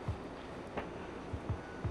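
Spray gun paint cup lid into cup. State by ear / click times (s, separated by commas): seated / 0.8 s, 1.5 s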